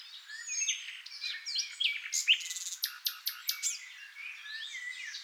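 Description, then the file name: Common nightingale song with a tangle of twittering notes, then a run of sharp, evenly spaced clicks before softer warbling resumes. "NIGHTINGALE MIX"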